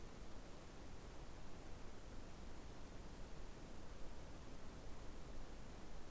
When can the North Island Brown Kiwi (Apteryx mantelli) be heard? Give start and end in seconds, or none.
none